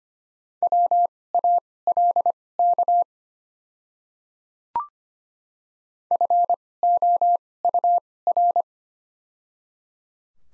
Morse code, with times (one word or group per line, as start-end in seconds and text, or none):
0.6-3.0 WALK
6.1-8.6 FOUR